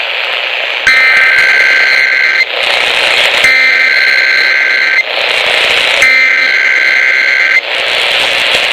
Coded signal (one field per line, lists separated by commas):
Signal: Emergency Alert System (SAME) tones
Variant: header bursts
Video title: 2 RWTs from May 2021 (EAS #1013 - #1014)